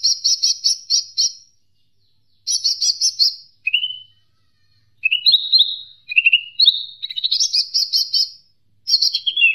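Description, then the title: Leafbird song of fast rattling trills alternating with clear rising and falling whistled notes, delivered in phrases separated by brief pauses. "CUCAK IJO"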